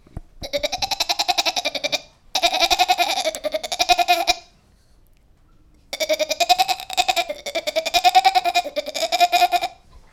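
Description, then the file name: Goat bleating in long, quavering calls with a fast vibrato, separated by a short pause and then a longer silence. "chevre"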